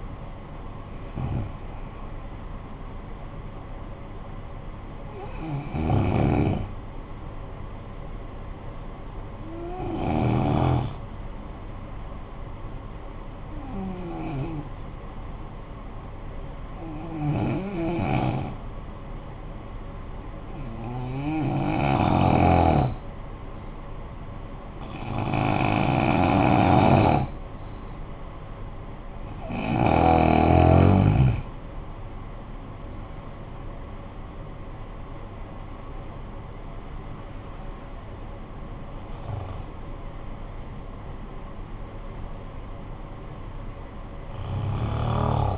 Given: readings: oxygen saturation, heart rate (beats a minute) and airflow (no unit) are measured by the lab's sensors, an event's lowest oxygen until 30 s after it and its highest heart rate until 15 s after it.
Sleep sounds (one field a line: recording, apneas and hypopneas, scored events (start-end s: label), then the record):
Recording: breathing in sleep by a smartphone at the bedside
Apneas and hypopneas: 1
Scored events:
4.00-31.90 s: hypopnea (N1, oxygen 95% highest, then 87% lowest, heart rate 50 at the start, 71 highest)
20.00-45.58 s: new sleep stage, N2 (light sleep)
From the record:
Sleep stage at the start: N1 (lightest sleep)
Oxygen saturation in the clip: 81 to 95%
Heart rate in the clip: 49 to 71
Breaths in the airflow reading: 12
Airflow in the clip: -13.6 to 13.3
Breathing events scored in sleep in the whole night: 445 in 7.6 hours asleep